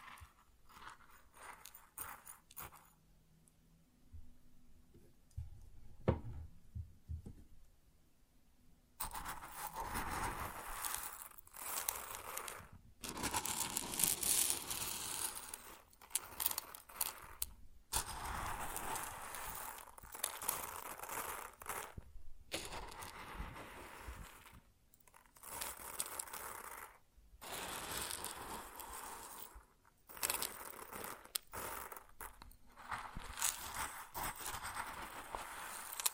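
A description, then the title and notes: Grain sounds: sparse faint rustles for nine seconds, then dense bright pouring and crunching hiss, broken by frequent short silences and bursts. ASMR Grain Sounds (No Talking).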